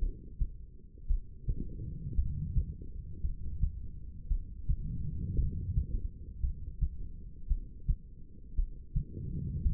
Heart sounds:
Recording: heart sounds by stethoscope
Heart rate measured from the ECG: 56 bpm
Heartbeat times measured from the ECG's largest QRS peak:
1.06 s: heartbeat
2.14 s: heartbeat
3.20 s: heartbeat
4.27 s: heartbeat
5.35 s: heartbeat
6.40 s: heartbeat
7.47 s: heartbeat
8.54 s: heartbeat
9.62 s: heartbeat
From the record:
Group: heart failure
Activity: rest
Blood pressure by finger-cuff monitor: 83/59 mmHg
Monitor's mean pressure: 67 mmHg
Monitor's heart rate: 56 bpm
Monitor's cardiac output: 2.5 L/min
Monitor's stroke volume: 47 mL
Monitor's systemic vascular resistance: 1800 dyn s/cm5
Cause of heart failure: non-ischemic cardiomyopathy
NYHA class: 1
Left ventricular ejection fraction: 52%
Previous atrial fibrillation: present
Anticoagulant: apixaban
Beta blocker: bisoprolol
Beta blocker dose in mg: 10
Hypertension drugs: sacubitril-valsartan, spironolactone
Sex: female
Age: 68 years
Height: 169 cm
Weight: 71 kg

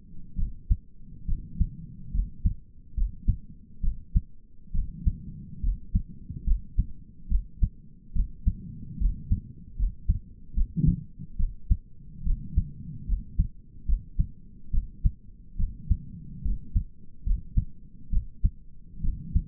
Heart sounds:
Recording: heart sounds by stethoscope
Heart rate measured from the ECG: 71 bpm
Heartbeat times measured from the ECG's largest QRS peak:
0.38 s: heartbeat
1.28 s: heartbeat
2.14 s: heartbeat
2.97 s: heartbeat
3.83 s: heartbeat
4.74 s: heartbeat
5.63 s: heartbeat
6.46 s: heartbeat
7.30 s: heartbeat
8.15 s: heartbeat
9.00 s: heartbeat
9.78 s: heartbeat
10.56 s: heartbeat
11.39 s: heartbeat
12.26 s: heartbeat
13.08 s: heartbeat
13.88 s: heartbeat
14.73 s: heartbeat
15.59 s: heartbeat
16.44 s: heartbeat
17.26 s: heartbeat
18.12 s: heartbeat
19.03 s: heartbeat
From the record:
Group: healthy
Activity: cold pressor test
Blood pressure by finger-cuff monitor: 105/69 mmHg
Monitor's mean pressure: 82 mmHg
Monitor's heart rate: 71 bpm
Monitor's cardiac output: 6.1 L/min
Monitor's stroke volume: 87 mL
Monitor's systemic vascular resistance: 970 dyn s/cm5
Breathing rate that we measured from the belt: 17 breaths a minute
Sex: male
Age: 22 years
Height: 181 cm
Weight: 79 kg

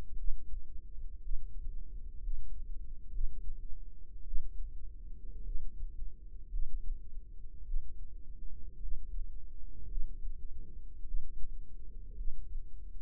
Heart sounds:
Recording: heart sounds by microphone in the right ear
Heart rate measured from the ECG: 55 bpm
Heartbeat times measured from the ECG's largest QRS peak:
0.17 s: heartbeat
1.22 s: heartbeat
2.22 s: heartbeat
3.12 s: heartbeat
4.24 s: heartbeat
5.44 s: heartbeat
6.50 s: heartbeat
7.65 s: heartbeat
8.80 s: heartbeat
9.88 s: heartbeat
11.05 s: heartbeat
12.16 s: heartbeat
From the record:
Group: healthy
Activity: rest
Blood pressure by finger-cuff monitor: 103/61 mmHg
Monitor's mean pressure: 76 mmHg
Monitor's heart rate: 56 bpm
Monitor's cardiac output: 5.2 L/min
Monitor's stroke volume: 93 mL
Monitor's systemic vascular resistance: 1060 dyn s/cm5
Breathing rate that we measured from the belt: 18 breaths a minute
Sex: female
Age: 28 years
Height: 170 cm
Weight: 77 kg

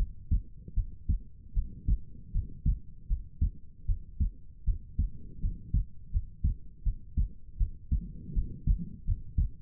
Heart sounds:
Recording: heart sounds by stethoscope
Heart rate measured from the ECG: 79 bpm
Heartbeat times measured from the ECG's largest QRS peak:
0.74 s: heartbeat
1.53 s: heartbeat
2.31 s: heartbeat
3.07 s: heartbeat
3.85 s: heartbeat
4.64 s: heartbeat
5.40 s: heartbeat
6.10 s: heartbeat
6.83 s: heartbeat
7.57 s: heartbeat
8.33 s: heartbeat
9.04 s: heartbeat
From the record:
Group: healthy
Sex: female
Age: 19 years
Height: 163 cm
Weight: 48.9 kg

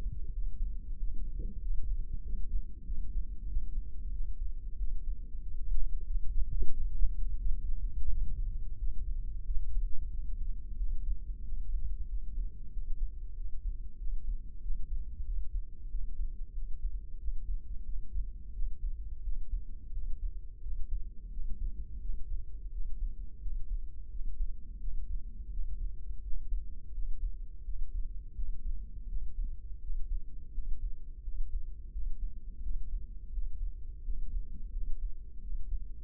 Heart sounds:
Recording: heart sounds by microphone in the left ear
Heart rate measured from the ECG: 89 bpm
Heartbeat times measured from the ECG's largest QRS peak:
0.34 s: heartbeat
1.00 s: heartbeat
1.63 s: heartbeat
2.25 s: heartbeat
2.87 s: heartbeat
3.50 s: heartbeat
4.13 s: heartbeat
4.80 s: heartbeat
5.43 s: heartbeat
6.08 s: heartbeat
6.73 s: heartbeat
7.41 s: heartbeat
8.10 s: heartbeat
8.80 s: heartbeat
9.48 s: heartbeat
10.13 s: heartbeat
10.79 s: heartbeat
11.45 s: heartbeat
12.10 s: heartbeat
12.74 s: heartbeat
13.37 s: heartbeat
14.00 s: heartbeat
14.63 s: heartbeat
15.27 s: heartbeat
15.92 s: heartbeat
16.55 s: heartbeat
17.20 s: heartbeat
17.87 s: heartbeat
18.55 s: heartbeat
19.25 s: heartbeat
19.95 s: heartbeat
20.64 s: heartbeat
21.33 s: heartbeat
22.02 s: heartbeat
22.73 s: heartbeat
23.43 s: heartbeat
24.12 s: heartbeat
24.82 s: heartbeat
25.52 s: heartbeat
26.24 s: heartbeat
26.95 s: heartbeat
27.66 s: heartbeat
28.37 s: heartbeat
29.10 s: heartbeat
29.83 s: heartbeat
30.55 s: heartbeat
31.25 s: heartbeat
31.94 s: heartbeat
32.64 s: heartbeat
33.34 s: heartbeat
34.05 s: heartbeat
34.74 s: heartbeat
35.43 s: heartbeat
From the record:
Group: healthy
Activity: rest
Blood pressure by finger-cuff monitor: 135/83 mmHg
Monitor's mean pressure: 101 mmHg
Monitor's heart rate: 87 bpm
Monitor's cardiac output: 7.3 L/min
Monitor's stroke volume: 83 mL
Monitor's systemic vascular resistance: 1040 dyn s/cm5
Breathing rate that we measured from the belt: 16 breaths a minute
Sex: male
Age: 21 years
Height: 175 cm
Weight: 72.6 kg

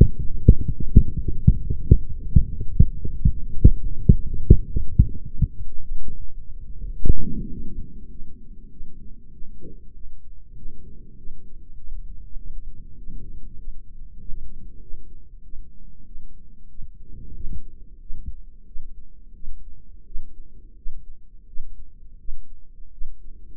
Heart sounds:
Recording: heart sounds by microphone in the right ear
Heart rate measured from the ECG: 98 bpm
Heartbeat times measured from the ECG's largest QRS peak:
0.21 s: heartbeat
0.79 s: heartbeat
1.35 s: heartbeat
1.91 s: heartbeat
2.48 s: heartbeat
3.04 s: heartbeat
3.61 s: heartbeat
4.17 s: heartbeat
4.73 s: heartbeat
5.29 s: heartbeat
5.85 s: heartbeat
6.42 s: heartbeat
6.98 s: heartbeat
7.54 s: heartbeat
8.14 s: heartbeat
8.74 s: heartbeat
9.36 s: heartbeat
9.98 s: heartbeat
10.59 s: heartbeat
11.20 s: heartbeat
11.80 s: heartbeat
12.41 s: heartbeat
13.01 s: heartbeat
13.61 s: heartbeat
14.23 s: heartbeat
14.85 s: heartbeat
15.47 s: heartbeat
16.09 s: heartbeat
16.73 s: heartbeat
17.38 s: heartbeat
18.04 s: heartbeat
18.69 s: heartbeat
19.37 s: heartbeat
20.09 s: heartbeat
20.80 s: heartbeat
21.50 s: heartbeat
22.22 s: heartbeat
22.95 s: heartbeat
From the record:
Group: healthy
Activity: rest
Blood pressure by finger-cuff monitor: 162/89 mmHg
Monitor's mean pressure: 110 mmHg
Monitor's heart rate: 97 bpm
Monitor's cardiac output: 10.9 L/min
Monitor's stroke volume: 114 mL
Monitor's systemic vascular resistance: 750 dyn s/cm5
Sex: male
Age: 30 years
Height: 188 cm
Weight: 110.2 kg

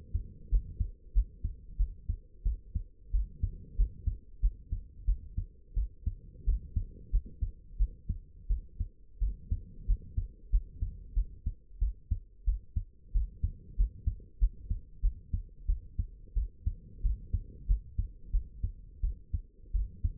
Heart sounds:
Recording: heart sounds by stethoscope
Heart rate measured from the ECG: 91 bpm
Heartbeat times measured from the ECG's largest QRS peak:
0.50 s: heartbeat
1.13 s: heartbeat
1.78 s: heartbeat
2.44 s: heartbeat
3.12 s: heartbeat
3.76 s: heartbeat
4.41 s: heartbeat
5.06 s: heartbeat
5.75 s: heartbeat
6.45 s: heartbeat
7.11 s: heartbeat
7.78 s: heartbeat
8.48 s: heartbeat
9.20 s: heartbeat
9.87 s: heartbeat
10.51 s: heartbeat
11.15 s: heartbeat
11.80 s: heartbeat
12.45 s: heartbeat
13.13 s: heartbeat
13.77 s: heartbeat
14.39 s: heartbeat
15.02 s: heartbeat
15.67 s: heartbeat
16.35 s: heartbeat
17.02 s: heartbeat
17.67 s: heartbeat
18.31 s: heartbeat
19.01 s: heartbeat
19.72 s: heartbeat
From the record:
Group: healthy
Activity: rest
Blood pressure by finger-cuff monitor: 84/56 mmHg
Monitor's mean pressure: 68 mmHg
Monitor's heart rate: 91 bpm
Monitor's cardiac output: 7.9 L/min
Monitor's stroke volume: 87 mL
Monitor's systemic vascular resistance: 610 dyn s/cm5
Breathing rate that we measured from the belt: 18 breaths a minute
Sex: female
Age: 22 years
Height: 161 cm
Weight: 65.5 kg

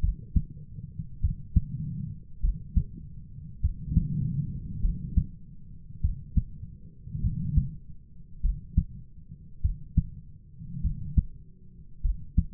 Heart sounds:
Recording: heart sounds by stethoscope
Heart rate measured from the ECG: 50 bpm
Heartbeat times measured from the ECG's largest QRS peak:
1.19 s: heartbeat
2.39 s: heartbeat
3.59 s: heartbeat
4.79 s: heartbeat
5.99 s: heartbeat
7.19 s: heartbeat
8.40 s: heartbeat
9.60 s: heartbeat
10.80 s: heartbeat
12.00 s: heartbeat
From the record:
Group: heart failure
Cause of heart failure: dilated cardiomyopathy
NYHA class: 3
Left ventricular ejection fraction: 27%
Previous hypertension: present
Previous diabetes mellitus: present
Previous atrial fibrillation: present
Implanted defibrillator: present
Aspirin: present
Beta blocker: bisoprolol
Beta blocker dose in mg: 1.25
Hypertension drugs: sacubitril-valsartan, spironolactone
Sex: female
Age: 39 years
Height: 170 cm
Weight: 64 kg

